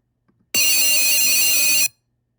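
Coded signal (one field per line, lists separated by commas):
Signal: data over sound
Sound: short burst of rapidly alternating two-tone warble over loud hiss, about 1.3 seconds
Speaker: let's request those two packets and this is going to be a lot shorter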